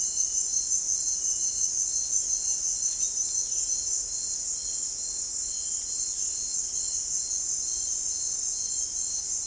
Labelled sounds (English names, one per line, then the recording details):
none
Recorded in dense forest near Puerto Asís, Putumayo, Colombia, on 24 March 2025 at 17:00
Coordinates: 0.499, -76.324
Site GP03